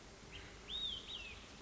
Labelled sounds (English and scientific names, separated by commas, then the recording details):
Olive-sided Flycatcher (Contopus cooperi)
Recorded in Sonoma County, California